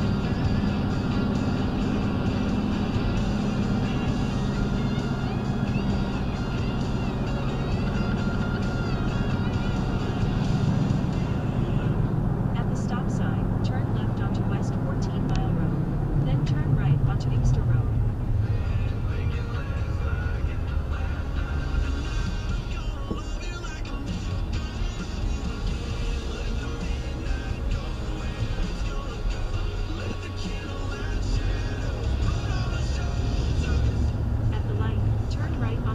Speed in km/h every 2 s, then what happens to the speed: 69, 71, 68, 64, 66, 64, 64, 58, 40, 27, 23, 19, 21, 21, 13, 16, 29, 40.
0-13 steady at about 66. 13-21 brakes to 19. 21-26 steady at about 21. 26-28 brakes to 13. 28-36 speeds up to 40.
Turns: 28-32.